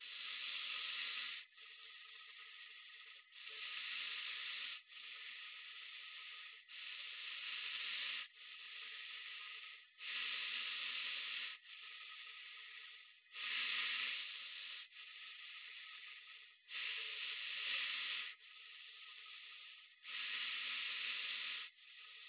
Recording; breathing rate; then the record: paced breathing near a phone; 18 breaths a minute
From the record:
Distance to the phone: 20 cm